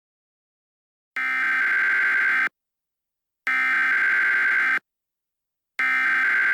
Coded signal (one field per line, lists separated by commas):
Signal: Emergency Alert System (SAME) tones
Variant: header bursts